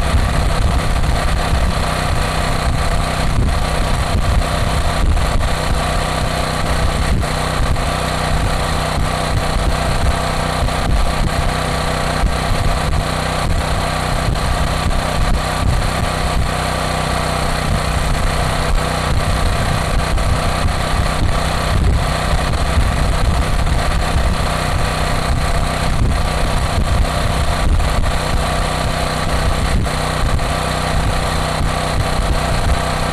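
A portable gasoline generator runs steadily, its low engine drone constant and dense with a rough, buzzing chatter on top. The level never changes across the recording, with faint ticks and rattles scattered through the hum.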